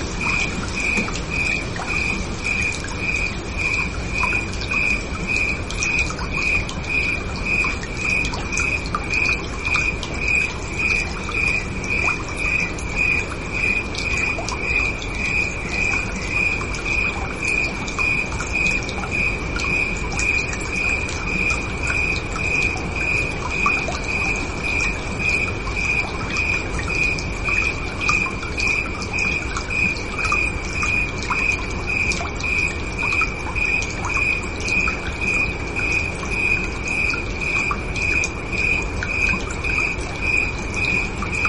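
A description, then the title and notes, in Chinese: Insects chirp through a summer night, led by one cricket-like trill repeating in quick, even pulses at a high, bright pitch the whole way through. Behind it a dense, steady bed of other insects and low rumble fills the air at constant loudness. 夏夜虫鸣。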